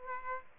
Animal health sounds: mosquito wingbeat signal from an infrared sensor; Aedes aegypti

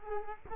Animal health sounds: mosquito wingbeat signal from an infrared sensor; Culex quinquefasciatus

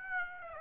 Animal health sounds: mosquito wingbeat signal from an infrared sensor; Aedes aegypti

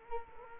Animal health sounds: mosquito wingbeat signal from an infrared sensor; Culex quinquefasciatus

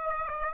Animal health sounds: mosquito wingbeat signal from an infrared sensor; Aedes aegypti

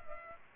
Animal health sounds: mosquito wingbeat signal from an infrared sensor; Culex pipiens

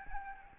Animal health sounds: mosquito wingbeat signal from an infrared sensor; Aedes albopictus

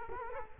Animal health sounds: mosquito wingbeat signal from an infrared sensor; Culex quinquefasciatus

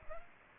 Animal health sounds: mosquito wingbeat signal from an infrared sensor; Aedes aegypti

